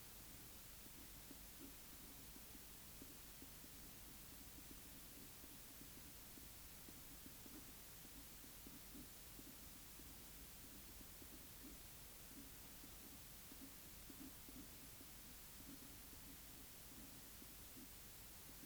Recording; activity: daily activity, guitar pickup as the sensor; write